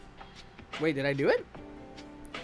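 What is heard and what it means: The plastic tail of a second dinosaur figure is pushed into its body socket so the figure can balance and stand. Someone talks, sounding unsure whether it went in, then a sharp click is heard at 2.4 s. The tail seats firmly in the socket.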